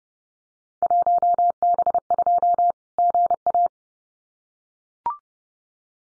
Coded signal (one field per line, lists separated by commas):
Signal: Morse code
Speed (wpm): 30 wpm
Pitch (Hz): 700 Hz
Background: none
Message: 1B2 GA